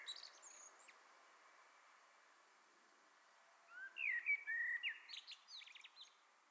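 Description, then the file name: Common blackbird singing softly: a faint high scrap, a long pause, then a fluty warbled phrase with chattering high notes at the end. "Turdus merula"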